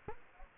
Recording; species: mosquito wingbeat signal from an infrared sensor; Culex quinquefasciatus